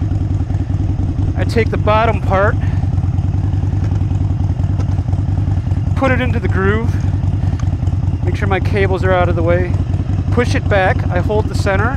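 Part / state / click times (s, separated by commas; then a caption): motorcycle windshield bracket into fork mount groove / not seated / none. The bottom of a Memphis Shades Del Rey Sportshield windshield bracket is lined up and placed into the groove on the fork mount of a Harley Iron 883 Sportster, before being pushed back to latch. Someone talks over a steady low hum, with a brief sharp sound at 7.6 s. Nothing has seated or clicked yet.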